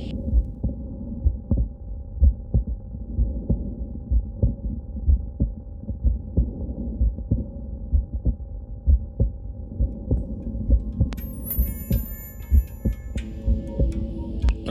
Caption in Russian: Маленький аудиотренинг чтобы научиться выявлять блокаду левой ножки пучка Гиса аускультативно. Блокада левой ножки может быть интермиттирующей.